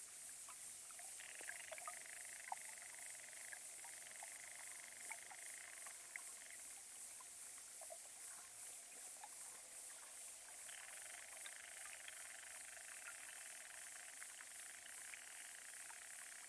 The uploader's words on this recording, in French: Petit étang. Enregistrement hydrophonique, Parc Jean-Jacques Rousseau (Ermenonville, France). Sound Devices 722; Aquarian Audio H2a-XLR hydrophones.